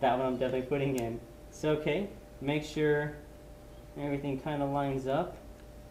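A cable connector is being lined up with a port on the back of a high-speed camera while someone talks. Only speech is heard over a low steady hum. Nothing has seated or clicked yet.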